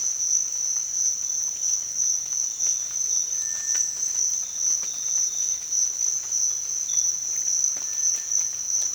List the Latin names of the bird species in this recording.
Crypturellus cinereus